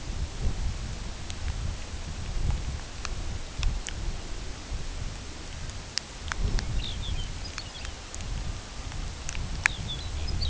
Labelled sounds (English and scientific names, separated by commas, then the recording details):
Lapland Longspur (Calcarius lapponicus)
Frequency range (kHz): Lapland Longspur (Calcarius lapponicus) 1.9-6.0 kHz
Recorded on Arctic tundra, site UTQI-2, on 17 June 2019
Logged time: 08:00